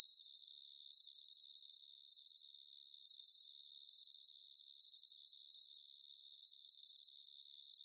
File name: zapsplat animals insects cricket or cicada loud single chirp constant qld australia summer